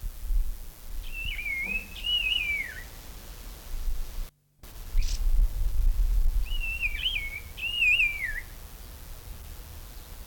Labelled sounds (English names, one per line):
Emei Shan Liocichla